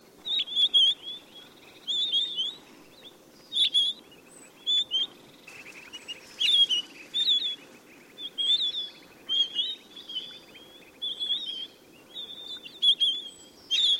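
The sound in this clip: Bird calls, bright chirping notes with twittering flourishes, given in short bursts every second or two with brief pauses, over a faint steady low hum.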